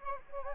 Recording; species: mosquito wingbeat signal from an infrared sensor; Anopheles gambiae